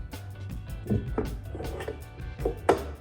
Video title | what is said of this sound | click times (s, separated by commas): how to assemble your juno 6 drawer dresser/changer | and push back on the drawer until you hear the click. | 2.7 s